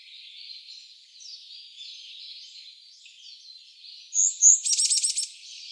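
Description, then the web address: Varied tit song: soft background twittering, then near the end one loud phrase of two sharp high notes followed by a fast, dry rattling trill. Song sounding like a Japanese robin's; recorded 8 April 2014. "birdenaga yamagara koma-like 140408"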